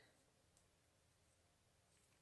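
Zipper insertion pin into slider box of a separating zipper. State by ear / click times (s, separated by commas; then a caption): not seated / none. A separating zipper's insertion pin is being handled and guided toward the slider box, with only quiet, low handling noise and a faint tick heard over steady background hiss. Nothing has seated or clicked yet; the pin is not home in the box when the clip ends.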